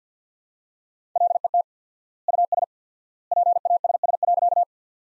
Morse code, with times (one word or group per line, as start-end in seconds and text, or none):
1.2-1.6 LET
2.3-2.6 US
3.3-4.6 PASS.